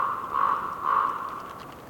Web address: Sonniss com - GDC 2019-Game Audio Bundle - Forest Orchestra Windy storm with trees rustling and bird croaking